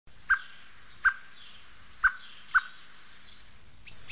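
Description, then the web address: Common blackbird giving short, sharp single call notes, four in the first three seconds at uneven intervals, with quiet low background noise. Songs prepared for bird-catching (uccellagione) use. "Uccellagione canti-film Merlo"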